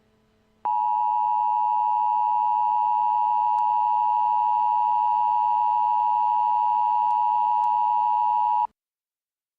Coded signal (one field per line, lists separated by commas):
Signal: Emergency Alert System (SAME) tones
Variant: 853 and 960 Hz attention tone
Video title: EAS Mock: Civil Emergency Message